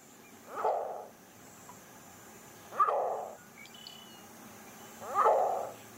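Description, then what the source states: Green heron giving three harsh, throaty squawks, each short and rasping. Call described as a throaty, guttural scowl.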